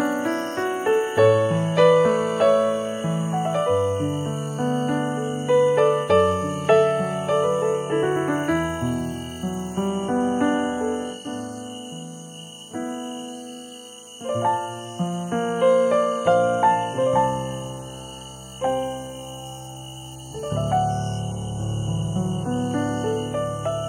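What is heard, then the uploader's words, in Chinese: Gentle piano plays throughout, with soft chords and flowing notes in the low and middle range, easing briefly around fourteen and seventeen seconds. Above it, a thin, steady insect chirring holds on high, constant and unbroken behind the music. 夜里睡不着，听听虫鸣和轻柔的钢琴。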